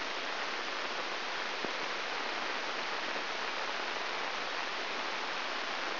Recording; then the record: brain microelectrode recording played as sound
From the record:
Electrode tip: inside the subthalamic nucleus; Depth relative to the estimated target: -3.5 mm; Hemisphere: right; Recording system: AlphaMap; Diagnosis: Parkinson's disease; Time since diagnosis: 13 years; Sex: male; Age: 63 years